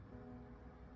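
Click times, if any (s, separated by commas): none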